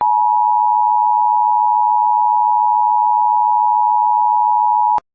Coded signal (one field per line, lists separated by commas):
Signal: Emergency Alert System (SAME) tones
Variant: 853 and 960 Hz attention tone